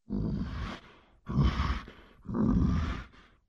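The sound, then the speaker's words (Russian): A voice imitates an old man, Grandpa Arkhip, grunting and groaning with effort as he climbs onto the stove: three loud, rough, strained bursts, each about a second long, separated by short pauses. “Покажи, как дед Архип на печь лезет и кряхтит.”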